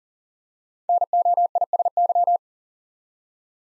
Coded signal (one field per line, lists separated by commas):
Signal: Morse code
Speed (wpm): 38 wpm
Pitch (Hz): 700 Hz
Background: none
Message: NOISY